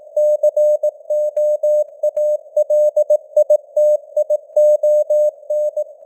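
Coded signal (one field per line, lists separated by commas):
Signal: Morse code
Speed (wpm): 18 wpm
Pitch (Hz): 600 Hz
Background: none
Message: COALITION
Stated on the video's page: News headlines in Morse at 18 wpm, with simulated radio noise and fading (QSB).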